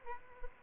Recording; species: mosquito wingbeat signal from an infrared sensor; Aedes albopictus